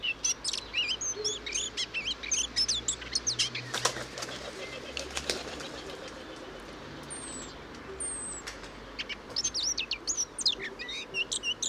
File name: Sylvia atricapilla